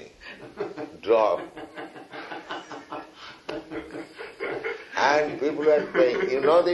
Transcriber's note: laughter